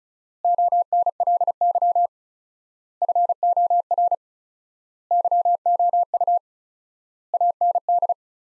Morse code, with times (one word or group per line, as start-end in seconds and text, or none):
0.4-2.1 ONLY
3.0-4.1 FOR
5.1-6.4 YOU
7.3-8.1 AND